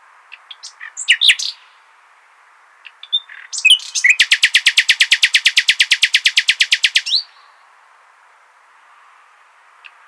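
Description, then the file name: Common nightingale song: scattered sharp notes, then a long, loud, very regular series of rapid repeated chirps lasting about three seconds. "Luscinia megarhynchos"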